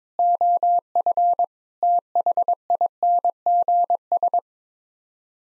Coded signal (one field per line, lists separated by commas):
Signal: Morse code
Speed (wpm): 22 wpm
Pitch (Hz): 700 Hz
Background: none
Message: OF THINGS